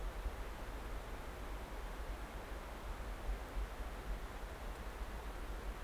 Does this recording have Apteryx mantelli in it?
no